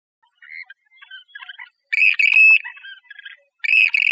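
Western grebe calls: harsh grating notes in loud drawn-out bursts, mixed with softer scattered chatter between them.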